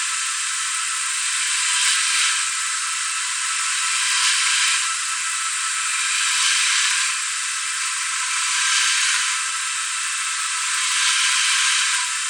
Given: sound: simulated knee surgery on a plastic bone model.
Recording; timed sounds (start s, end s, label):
surgical tools on bone
1.45	2.38	drilling into bone
3.92	4.80	drilling into bone
6.16	7.05	drilling into bone
8.40	9.33	drilling into bone
10.96	12.02	drilling into bone